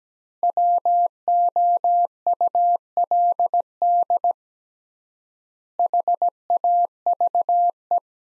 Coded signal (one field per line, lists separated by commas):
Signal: Morse code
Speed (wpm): 17 wpm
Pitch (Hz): 700 Hz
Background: none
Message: WOULD HAVE